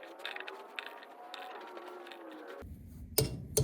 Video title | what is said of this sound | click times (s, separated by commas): How To Rotate Trailer Tires Like A Pro! Dual Axle Trailer tire rotation in only 5 Mins! | All right. So, when you hear that click, that means it's at 130 or whatever you set it to. | 3.2 s